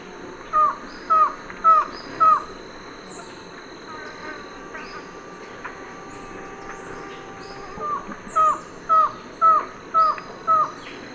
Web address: Natures Songs S America Eastern Lowlands. Thamnophilus aethiops, song